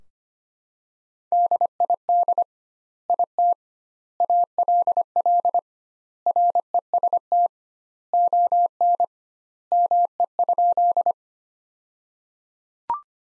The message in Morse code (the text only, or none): DID IT ALL REST ON ME?